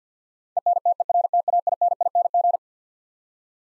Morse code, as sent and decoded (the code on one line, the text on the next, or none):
. -. - . .-. - .- .. -. .. -. --.
ENTERTAINING